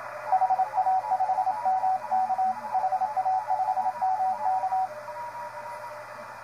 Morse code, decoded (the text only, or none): HA5MK HA5MK